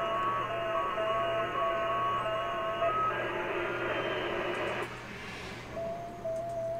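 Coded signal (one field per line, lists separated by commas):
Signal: FT8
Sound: several faint steady tones warbling over radio hiss and a low hum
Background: radio static, mains hum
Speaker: 73 turns off the enable TX it will finish this transmission when this transmission is done I will log the queue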